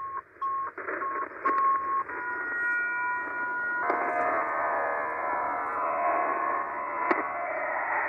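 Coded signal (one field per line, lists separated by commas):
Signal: HF data modem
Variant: Israeli Navy hybrid modem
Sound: a few short steady beeping tones, then continuous dense hiss-like data rushing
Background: radio static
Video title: 5512 kHz USB Israeli Navy Hybrid Modem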